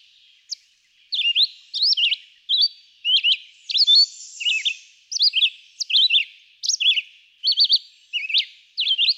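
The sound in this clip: Red-eyed vireo singing a run of short, slurred whistled phrases, some rising, some dropping, repeated tirelessly after a single opening note.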